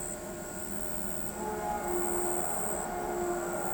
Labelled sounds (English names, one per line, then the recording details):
none
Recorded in pastures near Pivijay, Magdalena, Colombia, on 14 April 2023 at 23:30
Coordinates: 10.456, -74.369
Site P6-G026